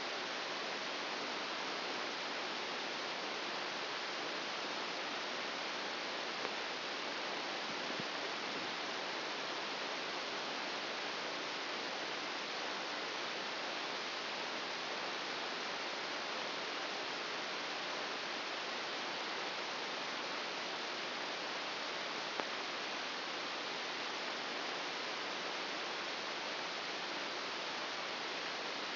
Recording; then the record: brain microelectrode recording played as sound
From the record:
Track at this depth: inside the subthalamic nucleus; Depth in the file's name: 3.502 mm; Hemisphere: left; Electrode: 1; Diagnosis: Parkinson's disease